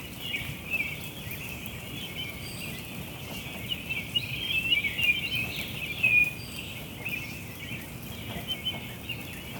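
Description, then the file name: Bird chorus of many overlapping high chirps and twitters, busiest in the middle, over constant background hiss. Chestertown, Maryland, June 5 2017. "Birds Chirping Chstertown MD June 5 2017"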